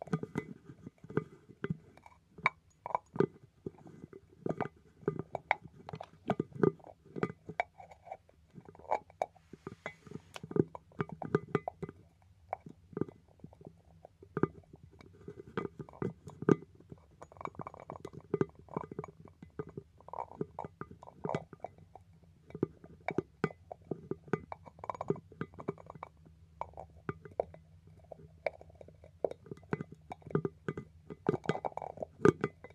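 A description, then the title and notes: A rain stick pours out a dense, irregular patter of small clicks and taps for the whole half minute over a faint low hum. Rain stick.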